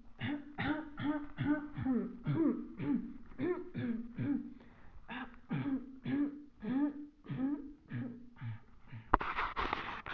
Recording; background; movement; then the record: throat clearing; quiet; sitting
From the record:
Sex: female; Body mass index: 21.8 kg/m2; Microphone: on the chest, facing the body